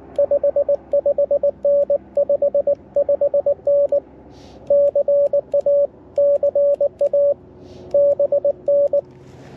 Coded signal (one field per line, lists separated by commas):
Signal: Morse code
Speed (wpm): 19 wpm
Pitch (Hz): 570 Hz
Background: radio noise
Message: 55N 55N CA CA BN